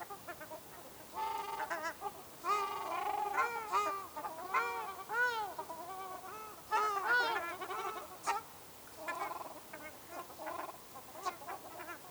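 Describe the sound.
Ruddy shelduck calling in bouts of trumpeting, nasal honks, arched notes in groups separated by quieter gaps, a few sharper high notes between.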